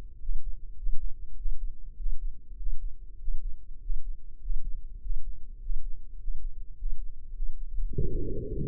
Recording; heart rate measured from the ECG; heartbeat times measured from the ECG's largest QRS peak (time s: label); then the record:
heart sounds by microphone in the right ear; 102 bpm
0.18 s: heartbeat
0.75 s: heartbeat
1.34 s: heartbeat
1.95 s: heartbeat
2.55 s: heartbeat
3.17 s: heartbeat
3.78 s: heartbeat
4.38 s: heartbeat
4.99 s: heartbeat
5.58 s: heartbeat
6.16 s: heartbeat
6.74 s: heartbeat
7.30 s: heartbeat
7.87 s: heartbeat
8.43 s: heartbeat
From the record:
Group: healthy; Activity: Valsalva maneuver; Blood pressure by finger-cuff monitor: 102/74 mmHg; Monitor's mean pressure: 83 mmHg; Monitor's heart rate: 100 bpm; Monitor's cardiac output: 7.9 L/min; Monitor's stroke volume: 77 mL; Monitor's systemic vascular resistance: 750 dyn s/cm5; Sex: male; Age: 23 years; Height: 178 cm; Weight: 96.6 kg